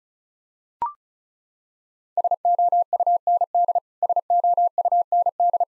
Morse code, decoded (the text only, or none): SOUND SOUND